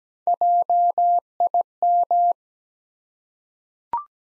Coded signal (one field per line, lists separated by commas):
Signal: Morse code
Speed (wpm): 17 wpm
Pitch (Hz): 700 Hz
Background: none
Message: JIM